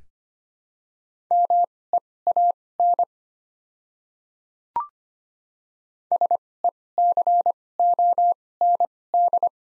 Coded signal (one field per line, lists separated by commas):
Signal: Morse code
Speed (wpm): 25 wpm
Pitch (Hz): 700 Hz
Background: none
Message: MEAN SECOND